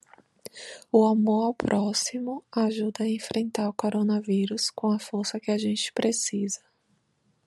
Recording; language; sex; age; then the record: spoken sentence; Brazilian Portuguese; female; 30 to 39 years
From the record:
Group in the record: control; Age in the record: 36 years